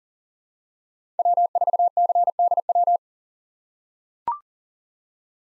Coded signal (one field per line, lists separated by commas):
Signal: Morse code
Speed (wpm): 40 wpm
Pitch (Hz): 700 Hz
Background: none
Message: W4CDW